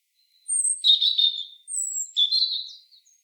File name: Erithacus rubecula